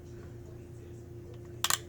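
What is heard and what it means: On a repeat attempt, the bar of a Gamma X-Stringer drop weight racquet stringer is raised quietly while the clutch is held, over a steady low hum. The string gripper clutch then gives two sharp clicks at about 1.6 and 1.7 seconds as it reaches tension.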